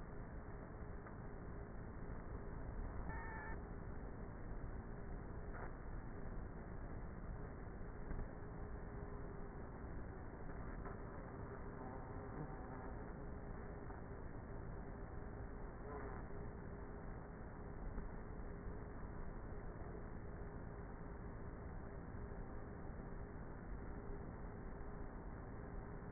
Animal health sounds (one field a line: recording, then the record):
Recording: honeybee colony, microphone inside the hive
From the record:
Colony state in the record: queenless with a low population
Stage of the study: before two queens were removed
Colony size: about 30,000 bees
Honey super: no